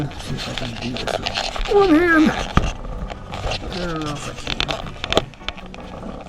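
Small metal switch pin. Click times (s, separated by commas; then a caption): 5.5 s. On a 1976 F100, someone reaches under the dash one-handed and pushes the small release pin on the headlight switch so the knob shaft can come out. Someone talks, and a sharp click is heard at 5.5 s as the pin is pushed and the knob is released.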